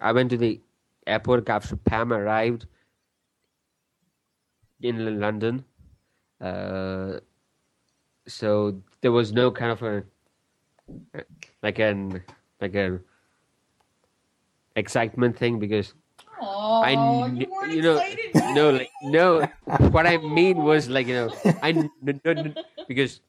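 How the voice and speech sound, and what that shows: Adult male speech broken by long silent blocks, stretched sounds and repeated phrases, typical of stuttering.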